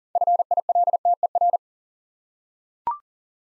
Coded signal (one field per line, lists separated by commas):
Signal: Morse code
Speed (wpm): 42 wpm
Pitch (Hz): 700 Hz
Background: none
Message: FILTER